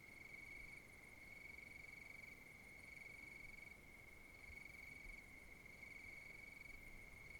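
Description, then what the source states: Cricket trilling in a steady, unbroken high tone, with a fainter higher buzz switching on and off at a regular pace over soft background hiss. Countryside at night.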